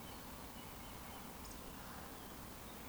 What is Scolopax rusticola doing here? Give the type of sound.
whistle